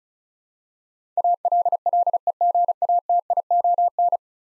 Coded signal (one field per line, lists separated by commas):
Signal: Morse code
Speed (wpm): 36 wpm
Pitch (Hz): 700 Hz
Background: none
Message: ALLEGATION